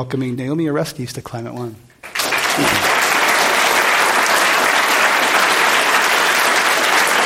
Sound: applause

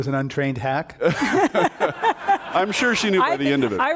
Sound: laughter

